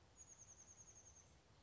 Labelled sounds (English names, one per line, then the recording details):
Chestnut-backed Chickadee
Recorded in Sonoma County, California